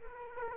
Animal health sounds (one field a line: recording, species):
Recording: mosquito wingbeat signal from an infrared sensor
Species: Aedes aegypti